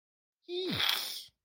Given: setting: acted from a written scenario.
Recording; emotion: vocal sound without words; disgust